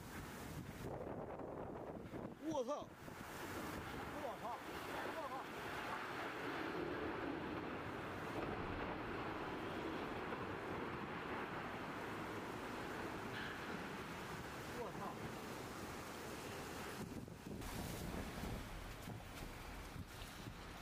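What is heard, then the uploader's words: A storm roars steadily and densely, with wind buffeting the microphone in heavy low gusts throughout. Around the third second a brief rising whine cuts through, perhaps the tower crane, and short thumps and rattles recur near 15 and 17 seconds. Storm and tower crane.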